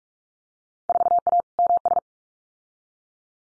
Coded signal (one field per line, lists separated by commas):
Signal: Morse code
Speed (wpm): 46 wpm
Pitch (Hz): 700 Hz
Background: none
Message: 4A MS